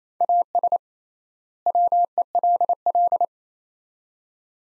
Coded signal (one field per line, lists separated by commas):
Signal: Morse code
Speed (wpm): 28 wpm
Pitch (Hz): 700 Hz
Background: none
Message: AS WELL